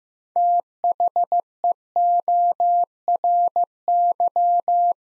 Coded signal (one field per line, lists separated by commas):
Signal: Morse code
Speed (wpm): 15 wpm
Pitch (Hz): 700 Hz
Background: none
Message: THEORY